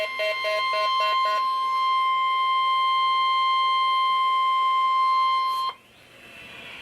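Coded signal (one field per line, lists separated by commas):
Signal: Emergency Alert System (SAME) tones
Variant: 1050 Hz attention tone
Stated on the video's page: SAME tones of a NOAA Weather Radio required weekly test from station KDO89, St. Louis, MO.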